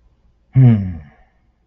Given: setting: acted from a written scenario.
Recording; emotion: vocal sound without words; confusion